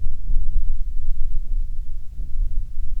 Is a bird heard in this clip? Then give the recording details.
yes. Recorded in the Prudhoe Bay oil fields, Alaska, on 6 August 2019 at 04:52. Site 22